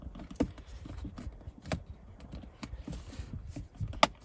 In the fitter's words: should just snap right into place now just got to make sure that pushes down